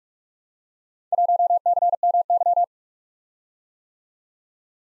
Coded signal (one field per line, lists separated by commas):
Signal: Morse code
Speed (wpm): 43 wpm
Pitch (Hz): 700 Hz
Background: none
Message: 1CMY